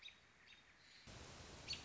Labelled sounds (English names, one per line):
American Robin